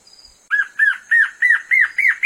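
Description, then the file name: Black-crested antshrike song with seven arched, slightly nasal notes, evenly spaced and gradually climbing in pitch, against a faint constant high-pitched hiss. "Canto da choca de crista preta"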